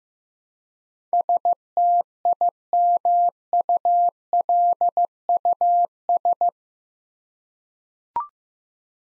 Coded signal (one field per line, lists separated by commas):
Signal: Morse code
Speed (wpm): 15 wpm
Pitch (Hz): 700 Hz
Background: none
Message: STIMULUS